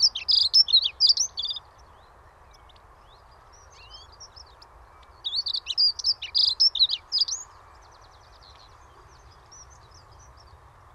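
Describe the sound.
Dunnock: two separate bursts of quick, thin, high twittering notes, each lasting about one to two seconds, with a quiet pause between them over a low background hum.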